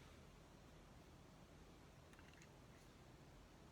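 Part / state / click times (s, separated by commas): wire terminal pin into plastic connector housing / not seated / none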